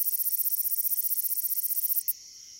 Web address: The Songs of Insects. Long-spurred Meadow Katydid